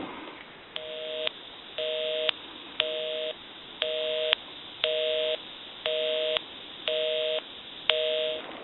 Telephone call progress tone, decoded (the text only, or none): busy tone